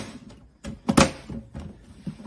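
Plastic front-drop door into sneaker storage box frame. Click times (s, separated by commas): 0.6 s, 0.9 s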